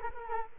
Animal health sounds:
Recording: mosquito wingbeat signal from an infrared sensor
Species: Culex quinquefasciatus

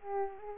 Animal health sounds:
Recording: mosquito wingbeat signal from an infrared sensor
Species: Aedes aegypti

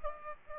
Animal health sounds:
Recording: mosquito wingbeat signal from an infrared sensor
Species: Aedes aegypti

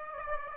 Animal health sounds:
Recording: mosquito wingbeat signal from an infrared sensor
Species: Aedes aegypti

